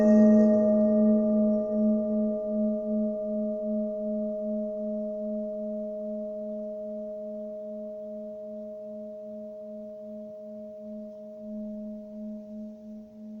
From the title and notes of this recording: Crown Chakra Tibetan Bells. Sounds of Tibetan bells.